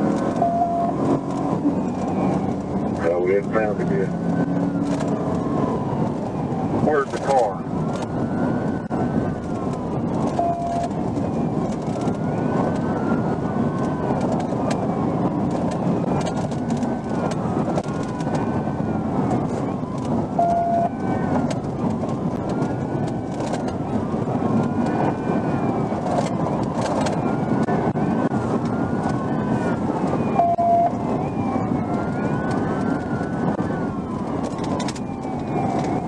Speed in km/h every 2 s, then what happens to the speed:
111, 122, 126, 126, 127, 130, 130, 132, 129, 124, 124, 126, 124, 119, 116, 108, 103, 89.
0-9 speeds up to 130. 9-25 steady at about 126. 25-36 brakes to 89.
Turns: none.